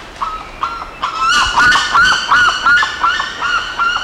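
Bird giving loud nasal honking calls, about a dozen evenly repeated notes in quick succession, each slightly rising then falling.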